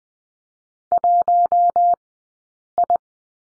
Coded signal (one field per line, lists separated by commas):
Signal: Morse code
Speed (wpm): 18 wpm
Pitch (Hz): 700 Hz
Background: none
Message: 1 I